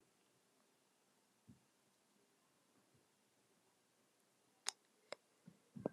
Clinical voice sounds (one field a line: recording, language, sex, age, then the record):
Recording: short text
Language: Brazilian Portuguese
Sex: female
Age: 50 to 59 years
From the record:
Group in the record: control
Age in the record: 55 years